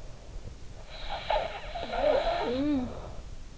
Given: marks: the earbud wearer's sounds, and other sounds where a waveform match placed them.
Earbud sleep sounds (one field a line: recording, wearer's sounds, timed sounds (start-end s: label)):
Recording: sounds in sleep by an in-ear microphone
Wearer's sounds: snoring breath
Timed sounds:
0.97-3.43 s: snoring breath